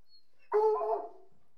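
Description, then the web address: Hunting hound giving a single short whine that starts abruptly and slides gently downward, then fades to silence. A pack of about sixty hunting hounds whining. "BBC Sound Effects Library. Hunting Hounds"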